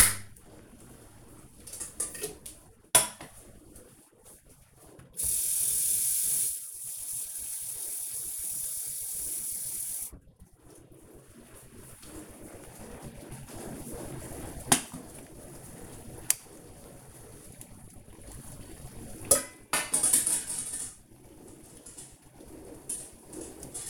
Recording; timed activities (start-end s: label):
household activities, microphone on the right wrist
4.98-23.90 s: baking